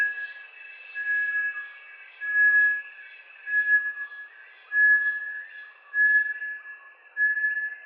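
Bartlett's tinamou giving clear, even whistles, each roughly a second apart, with a constant insect hum behind.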